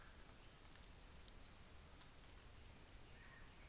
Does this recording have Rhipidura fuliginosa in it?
no